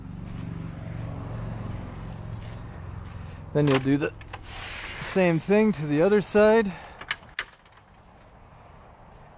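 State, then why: Seated. On a 2015 Jayco Jay Flight 165RB travel trailer, the metal awning support arm on the second side is pulled out and pushed up to height until it locks into place. Someone talks over a low background hum, then sharp clicks at 7.1 s and 7.4 s mark the arm seating in its locked position.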